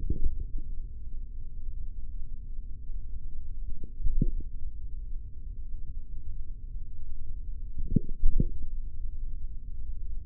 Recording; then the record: forearm muscle sounds (acoustic myography)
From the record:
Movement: tripod grip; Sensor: system 3, bracelet of six PUI Audio POM-2738L microphones around the upper forearm, with dedicated amplification and filtering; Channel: 2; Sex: male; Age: 43 years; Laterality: right